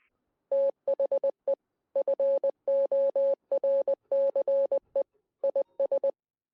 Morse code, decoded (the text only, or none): THE FORCE IS